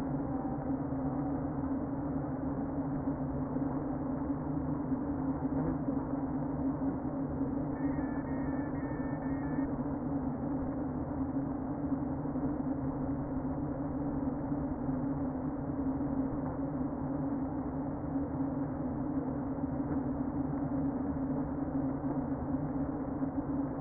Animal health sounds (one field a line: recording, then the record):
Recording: honeybee colony, microphone inside the hive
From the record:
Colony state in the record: queen present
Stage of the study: before two queens were removed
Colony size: about 60,000 bees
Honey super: yes